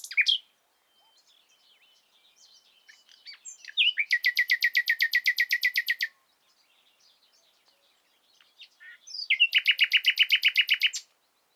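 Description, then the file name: Common nightingale song: a sharp opening note, soft scratchy twittering, then two loud rapid rattling trills of repeated notes separated by a quieter stretch. "Luscinia megarhynchos"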